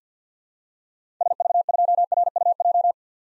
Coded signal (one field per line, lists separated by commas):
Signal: Morse code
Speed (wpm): 50 wpm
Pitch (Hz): 700 Hz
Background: none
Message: SV2RUJ